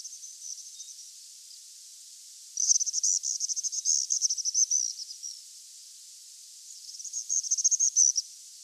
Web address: chant xeno-canto martinet des andes